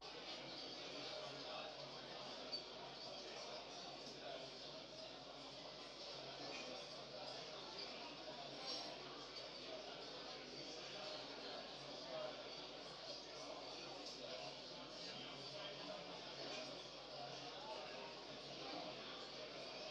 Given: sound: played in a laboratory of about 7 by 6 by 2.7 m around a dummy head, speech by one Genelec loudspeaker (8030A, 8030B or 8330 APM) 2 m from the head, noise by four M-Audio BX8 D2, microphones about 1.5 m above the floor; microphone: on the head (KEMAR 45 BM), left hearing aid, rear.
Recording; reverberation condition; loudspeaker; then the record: cafeteria noise; medium; four, about 170 cm from the corners of the room and facing them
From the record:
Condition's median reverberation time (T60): about 510 ms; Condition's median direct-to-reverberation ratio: about -0.5 dB